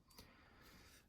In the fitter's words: click into place where it's even in a more vertical position almost at 90 degrees